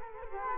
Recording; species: mosquito wingbeat signal from an infrared sensor; Culex quinquefasciatus